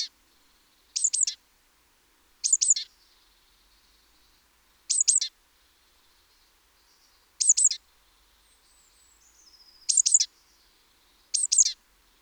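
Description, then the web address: Great tit calls: bright double chips repeated at irregular intervals, with a faint thin sliding call in the later part. "SETE Parus major"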